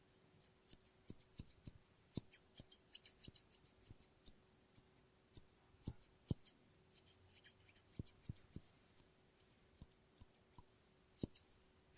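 Scissors snip through paper in quick, irregular bursts, each cut a short crisp click with a bright papery edge. The snips come steadily throughout, sometimes in rapid clusters, with a faint steady hum underneath and no voices.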